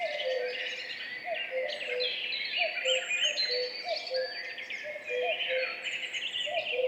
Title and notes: Duo de coucou. 14 mai 2019-Piste aux espagnols - Val Maravel - 5h20-Mixpr3-mkh8020-stereo. Ici, un mémorable duo de deux coucous gris